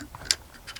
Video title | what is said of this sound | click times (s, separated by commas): Citadel Boss 25 Review | Slide that up. Good solid click. | 0.3 s